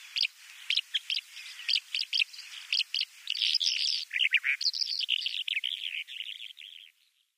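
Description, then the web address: Bimaculated lark singing in spaced chirps that quicken into a dense, scratchy twittering run, then trail off into fading notes at the end. "Schulze Peter Bimaculated Lark song"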